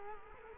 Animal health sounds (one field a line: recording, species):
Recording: mosquito wingbeat signal from an infrared sensor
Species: Culex quinquefasciatus